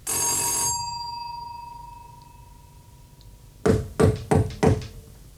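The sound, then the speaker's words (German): A bright bell rings once and its tone hangs and fades for a couple of seconds, followed after a pause by four loud, evenly spaced knocks on a door. “Aber Alan, es hat doch geklingelt.”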